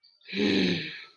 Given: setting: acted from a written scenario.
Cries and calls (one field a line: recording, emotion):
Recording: vocal sound without words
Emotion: anger